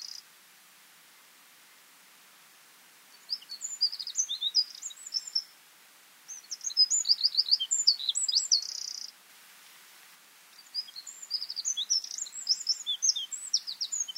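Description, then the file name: Eurasian wren delivering three fast, high song bursts of twitters and trills, each a few seconds long, separated by quiet pauses. "Troglodytes troglodytes"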